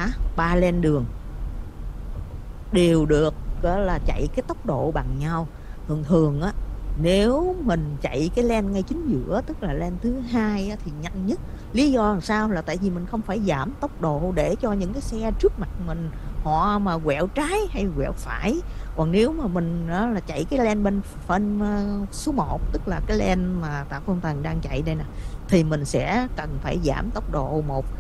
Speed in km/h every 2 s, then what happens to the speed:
66, 63, 64, 68, 68, 68, 68, 66, 68, 68, 68, 66, 63, 64.
0-28 steady at about 66.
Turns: none.